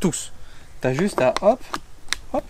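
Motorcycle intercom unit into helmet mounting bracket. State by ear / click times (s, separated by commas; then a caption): seated / 2.1 s. A Sena 30K motorcycle intercom unit is pushed onto its helmet mounting bracket while someone talks. A small, sharp click at 2.1 s shows the unit is properly clipped in and seated, which matters because a loosely fitted unit can be lost.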